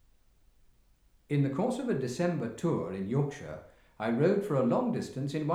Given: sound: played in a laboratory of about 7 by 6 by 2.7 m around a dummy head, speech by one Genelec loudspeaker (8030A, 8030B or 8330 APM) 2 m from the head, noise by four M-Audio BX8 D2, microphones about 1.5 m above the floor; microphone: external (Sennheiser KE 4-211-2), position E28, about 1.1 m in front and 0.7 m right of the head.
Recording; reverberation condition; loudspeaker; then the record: male speech in English; medium; in front (0 degrees)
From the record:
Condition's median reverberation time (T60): about 510 ms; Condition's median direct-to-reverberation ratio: about -0.5 dB